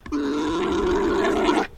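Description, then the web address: Alpaca mating call: a steady low guttural grunting drone held for nearly two seconds without breaks. Male alpaca giving a mating call. "Sound Effects-Foundation 1 ANIMAL ALPACA MALE MATING CALL"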